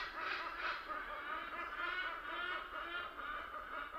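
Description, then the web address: Hornbills calling together in a dense chorus of nasal, honking notes. Group call of hornbills in African rainforest, recorded in Kenya. "Tom Hutchings Nature Jungle Rainforest Africa Hornbills Group Call Cicadas Nature Kenya"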